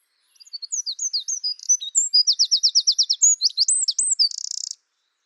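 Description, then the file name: Eurasian wren singing one full, very high and rapid song: scattered sweet notes, a fast even trill, more whistled phrases, and a closing buzzy rattle. "Troglodytes troglodytes"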